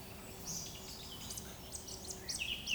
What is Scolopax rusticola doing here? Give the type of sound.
whistle